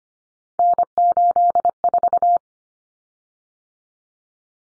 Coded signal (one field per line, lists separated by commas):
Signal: Morse code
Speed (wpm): 25 wpm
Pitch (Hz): 700 Hz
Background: none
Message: N84